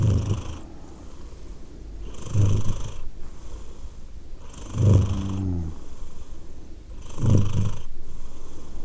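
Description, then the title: Domestic cat purring in a low, breathy rumble, rising in loudness with each breath about every two and a half seconds. Cat named Edith, purring; Glasgow, Scotland; December 2023. "Edith purring, Glasgow, Scotland in December 2023 – by Steve Urquhart"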